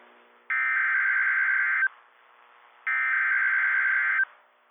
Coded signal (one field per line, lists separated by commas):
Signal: Emergency Alert System (SAME) tones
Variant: header bursts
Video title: Early March Captures - EAS Alerts from Early March 2026 (EAS #689 - #700)